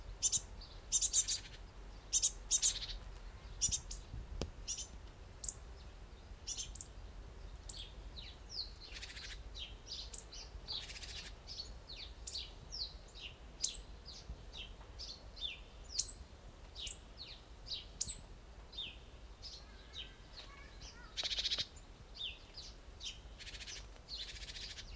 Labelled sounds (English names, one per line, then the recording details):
Great Tit call
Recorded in the wild
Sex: diverse
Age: diverse
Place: Summt, Grundstück, Brandenburg, DE
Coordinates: 52.6931, 13.3619
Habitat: garden
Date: 1971-07-24 15:30
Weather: hazy, thundery, 30°C
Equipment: Uher 4000 Report-Monitor, Sennheiser MD 421
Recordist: Tembrock, Günter
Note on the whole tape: Summt, Grundstück: flügge Junge und Altvögel (auch warnend): Rufe, auf Birken